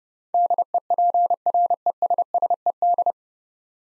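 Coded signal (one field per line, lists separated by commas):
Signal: Morse code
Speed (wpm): 29 wpm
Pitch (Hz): 700 Hz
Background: none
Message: DEPRESSED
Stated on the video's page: Morse head-copy drill of 9-letter words at 30 wpm; first three letters spoken, then word sent, spoken, and sent again.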